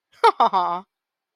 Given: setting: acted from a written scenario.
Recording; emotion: vocal sound without words; adoration